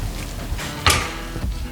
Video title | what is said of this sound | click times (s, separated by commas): How to install a fan!! | then we just slide this in and we turn it until it clicks into place | 0.9 s